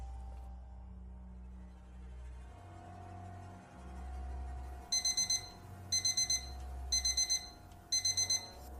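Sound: alarm clock ringing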